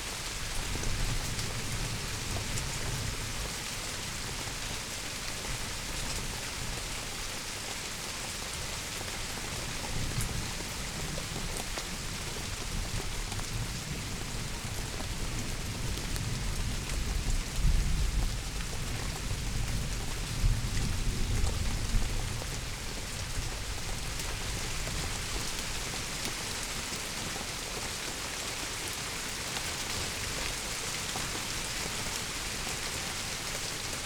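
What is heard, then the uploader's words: Heavy rain falls steadily in a back garden at night, a dense, even hiss that never lets up. Low rumbles of thunder roll underneath, swelling from about ten seconds and peaking around seventeen to twenty-two seconds before fading. Electrical storm, East London, UK. A binaural recording of an electrical storm followed by heavy rain from a back garden in East London at 1am.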